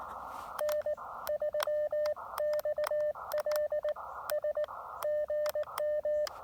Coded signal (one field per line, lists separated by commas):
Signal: Morse code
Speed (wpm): 19 wpm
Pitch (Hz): 590 Hz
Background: none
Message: N3XLS GM